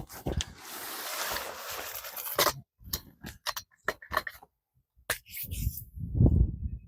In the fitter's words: just like that that's how simple it is to do it clicks into place so it's not going to go anywhere